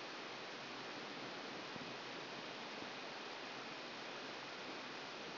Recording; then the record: brain microelectrode recording played as sound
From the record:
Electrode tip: outside the subthalamic nucleus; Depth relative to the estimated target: 4 mm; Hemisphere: left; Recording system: AlphaMap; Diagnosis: Parkinson's disease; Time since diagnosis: 10 years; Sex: female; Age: 63 years